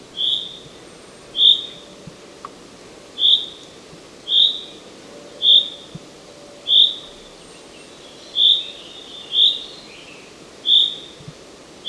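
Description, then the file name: Common chaffinch repeating a brief, high whistled call note again and again, with a few soft clicks in the background. "Fringilla coelebs"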